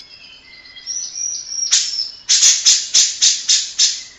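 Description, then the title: Grey-cheeked bulbul song: thin high whistles drift and rise, then a harsh note and a run of six loud rasping calls in steady rhythm. Long-duration masteran tutor recording for training captive songbirds. "Cucak Jenggot Masteran"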